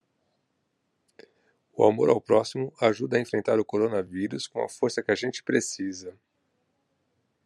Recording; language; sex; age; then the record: spoken sentence; Brazilian Portuguese; male; 50 to 59 years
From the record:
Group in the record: control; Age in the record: 50 years